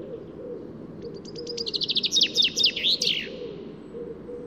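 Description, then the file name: Common chaffinch song, a quick trill that speeds up and falls, then closes with a loud flourish. A low, wavering tone and background hiss run underneath. "Fringilla coelebs"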